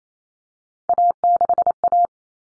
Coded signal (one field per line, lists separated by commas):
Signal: Morse code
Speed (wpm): 28 wpm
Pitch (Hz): 700 Hz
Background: none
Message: A6A